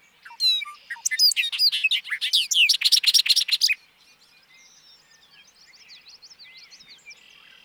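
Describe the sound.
Bobolink song: a loud, bubbling burst of tumbling, metallic notes lasting about three seconds, then softer twittering in the background.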